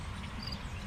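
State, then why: Not seated. A turn signal wiring harness connector is handled at its column switch socket under the steering column of a 1997 Honda Accord LX. Steady low rumble and faint noise are heard, with no sharp transient. The plug has not seated or clicked yet.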